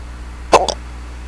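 A single abrupt, sharp hiccup from an adult with a brief trailing catch, heard against quiet room noise.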